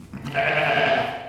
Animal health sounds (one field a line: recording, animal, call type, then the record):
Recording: contact call of a hoofed animal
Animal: sheep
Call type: low-frequency (closed-mouth) or high-frequency (open-mouth) call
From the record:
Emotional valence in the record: negative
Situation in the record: short social isolation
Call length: 1.29 s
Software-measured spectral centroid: 1900 Hz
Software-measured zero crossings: 2320 a second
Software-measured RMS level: -23 dBFS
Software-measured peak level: -9 dBFS